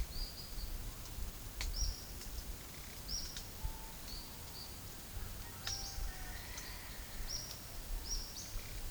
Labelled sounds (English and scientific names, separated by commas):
Olive-faced Flatbill (Tolmomyias viridiceps)